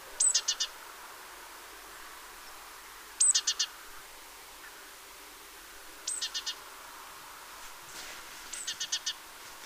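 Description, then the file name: Great tit call: a high thin note followed by three or four quick, clipped lower notes, repeated four times about every three seconds against soft background noise. "Parus major"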